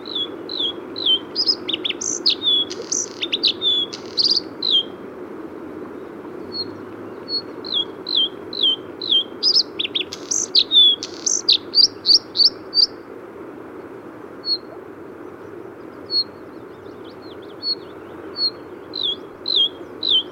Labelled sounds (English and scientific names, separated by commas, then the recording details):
Bluethroat (Luscinia svecica) song
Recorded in the wild
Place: Galenbeck, Mecklenburg-Vorpommern, DE
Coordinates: 53.626, 13.721
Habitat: Lake
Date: 1980-04-18
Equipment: Nagra III BH, Sennheiser MD 21, parabola
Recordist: Schubert, Michael